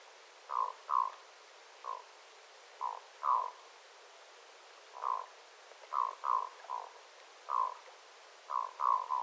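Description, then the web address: Black-throated loon calling with brief hoarse croaks, singly and in quick doubles, spaced unevenly about every second or two. Adult birds calling, recorded 9 September 2025. "paivat 9 9 2025 aikuisten kuikkien aantelya aika hyva"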